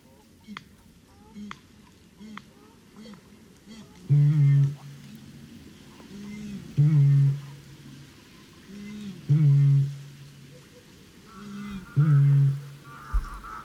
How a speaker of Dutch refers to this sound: Nou ja, inmiddels ben jij een expert, dus ik verwacht wel dat je dit herkent. Ja, dit is de roerdomp. En dit was echt zo'n vet moment. Want wij gingen dus naar het Riet.